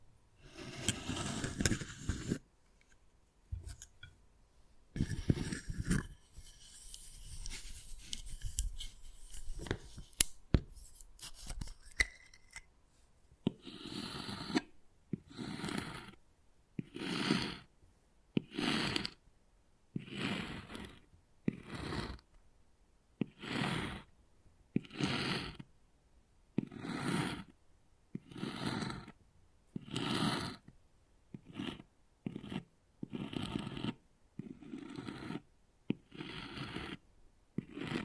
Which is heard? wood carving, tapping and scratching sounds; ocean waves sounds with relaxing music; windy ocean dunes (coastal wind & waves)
wood carving, tapping and scratching sounds